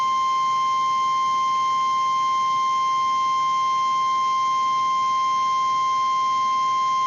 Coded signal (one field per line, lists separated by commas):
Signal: Emergency Alert System (SAME) tones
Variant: 1050 Hz attention tone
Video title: [EAS #14] Required Monthly Test on KEC49 Monterey, California (2018 Tsunami Communications Drill)